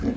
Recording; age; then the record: pig call; growing-finishing pig (85 days or more)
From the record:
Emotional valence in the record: negative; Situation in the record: barren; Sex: female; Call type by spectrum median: low-frequency call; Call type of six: low-frequency stable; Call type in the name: low-frequency stable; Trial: 3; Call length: 0.17 s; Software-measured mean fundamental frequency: 40 Hz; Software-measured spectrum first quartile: 173 Hz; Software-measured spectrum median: 259 Hz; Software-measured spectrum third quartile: 402 Hz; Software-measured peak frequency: 249 Hz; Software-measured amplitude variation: 174 dB a second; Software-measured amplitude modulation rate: 18.0 a second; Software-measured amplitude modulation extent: 9.6 dB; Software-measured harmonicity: 3.3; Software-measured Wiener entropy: -0.67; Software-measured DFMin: 599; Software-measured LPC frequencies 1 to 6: 320, 1562, 4441, 5413, 6471, 7165 Hz